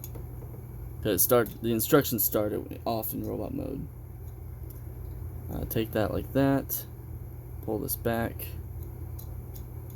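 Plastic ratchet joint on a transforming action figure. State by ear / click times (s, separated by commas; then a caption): seated / 9.2 s, 9.6 s, 9.9 s. Someone talks while folding a plastic ratchet joint back on a transforming action figure during its change from vehicle to robot mode. Three short detent clicks are heard at 9.2, 9.6 and 9.9 seconds, and the joint clicks into position.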